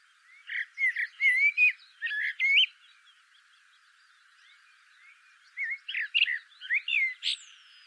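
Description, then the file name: Common blackbird song in two phrases of mellow whistled notes with higher squeaky notes, and a pause of about three seconds between them. "Turdus merula"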